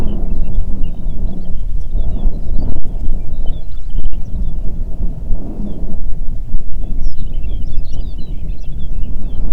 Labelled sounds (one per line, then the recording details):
songbird
wind
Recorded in the Prudhoe Bay oil fields, Alaska, on 8 June 2019 at 05:24
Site 30